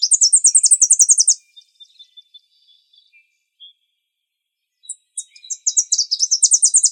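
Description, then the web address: Tennessee Warbler gives a fast run of high chips, then soft scattered notes and a pause, before another quick trill of sharp notes begins. From the Arizona Field Ornithologists sound library; dated 050107. "Sound Library Vermivora Parula Dendroica AZFO TEWA deviche 050107"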